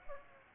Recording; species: mosquito wingbeat signal from an infrared sensor; Aedes aegypti